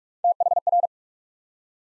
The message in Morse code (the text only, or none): THR